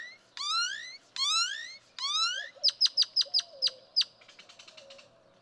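Great-tailed grackle song: three long rising whistled slurs, then a series of sharp, evenly spaced clicks fading into a soft rattle.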